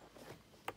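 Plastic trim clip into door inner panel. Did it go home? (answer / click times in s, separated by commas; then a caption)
yes / 0.7 s. While refitting the door trim panel on a 2006 Toyota Highlander during a window motor actuator replacement, a plastic retaining clip is pressed back into its hole in the door inner panel. Quiet low background sound gives way to a single sharp, bright click at 0.7 s as the clip snaps in and seats.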